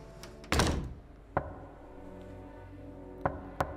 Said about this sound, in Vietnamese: Bỗng nghe có tiếng gõ cửa nhẹ nhẹ vang lên.